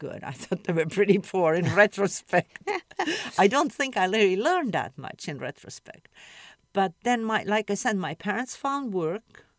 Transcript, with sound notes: I thought they were pretty poor in retrospect. (laughs) I don't think I really learned that much, in retrospect. But then my -- like I said, my parents found work.